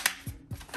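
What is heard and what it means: A final press on the plastic bottom cover of an Asus ROG STRIX G15 Advantage laptop snaps its last clip into the chassis with one sharp click at 0.1 s. Two softer, low thumps follow around 0.3 s and 0.5 s. The cover is seated.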